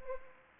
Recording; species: mosquito wingbeat signal from an infrared sensor; Anopheles arabiensis